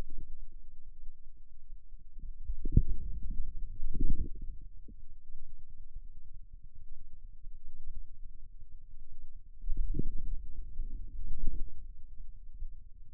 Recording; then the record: forearm muscle sounds (acoustic myography)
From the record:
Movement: wrist flexion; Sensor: system 2, bracelet of six BSWA MPA416 microphones around the upper forearm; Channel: 2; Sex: male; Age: 22 years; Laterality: right